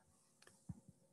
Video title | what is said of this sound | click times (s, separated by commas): Basic Climbing and Mountaineering Gear - 4/1 | and clicks into place in the back | 0.4 s, 0.5 s